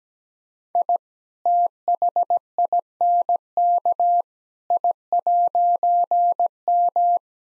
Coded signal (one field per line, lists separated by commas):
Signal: Morse code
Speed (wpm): 17 wpm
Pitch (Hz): 700 Hz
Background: none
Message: I THINK I'M